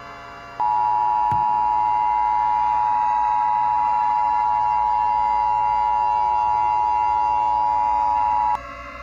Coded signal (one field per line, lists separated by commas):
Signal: Emergency Alert System (SAME) tones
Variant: 853 and 960 Hz attention tone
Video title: EAS Scenario: Killer EF5 Tornado for Chicago O’Hare in eastern Illinois